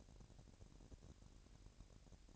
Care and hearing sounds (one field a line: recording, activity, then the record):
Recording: daily activity, microphone in the room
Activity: take from stove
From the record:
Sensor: 2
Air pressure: 1011.9 hPa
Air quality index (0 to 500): 193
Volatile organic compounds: 3 ppm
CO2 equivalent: 1369 ppm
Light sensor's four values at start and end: 69/164/67/64 and 69/164/67/64